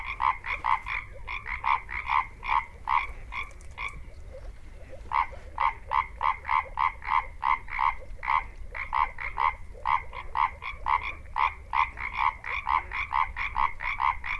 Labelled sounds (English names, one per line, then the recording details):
Common Tree Frog call
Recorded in the wild
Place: Kützerhof, Kummerower See, Mecklenburg-Vorpommern, DE
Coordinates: 53.8561, 12.8611
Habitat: wetland
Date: 2010-04-13 22:40
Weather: klare Nacht, 8°C, windstill, Wassertemperatur 10°C
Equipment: Sound Devices 702, zwei Sennheiser MKH 40, Rycote Windschutz
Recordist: Frommolt, Karl-Heinz